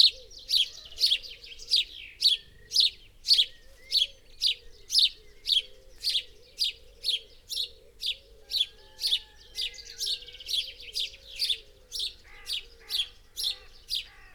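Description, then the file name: House sparrow chirping persistently, sharp notes about twice a second, with softer chatter toward the end and a low background tone. "Passer domesticus"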